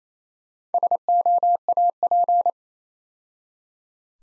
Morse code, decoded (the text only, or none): SOAP